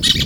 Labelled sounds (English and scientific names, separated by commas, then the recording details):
Brown-throated Parakeet (Eupsittula pertinax) contact call
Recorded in Venezuela
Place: Guárico; Corozopando; Fundo La Fe
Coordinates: 8.506, -67.593